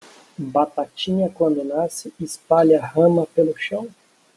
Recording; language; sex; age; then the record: short text; Brazilian Portuguese; male; 30 to 39 years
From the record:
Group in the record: control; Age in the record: 32 years